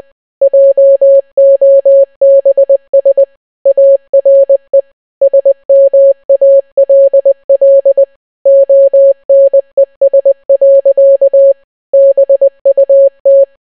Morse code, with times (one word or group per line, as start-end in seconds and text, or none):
0.4-3.2 JOBS
3.7-4.8 ARE
5.2-8.0 SMALL
8.5-11.5 ONES.
11.9-13.4 BUT